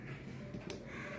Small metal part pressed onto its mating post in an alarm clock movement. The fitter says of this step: చేయితోని నొక్కిన ఇది లాక్ అయింది.